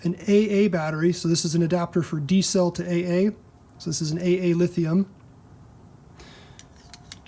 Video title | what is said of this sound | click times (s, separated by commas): TS-352A/U Military Multimeter Battery Upgrade - No Permanent Modifications | which drops in snaps in place which is nice it doesn't fall out | 7.1 s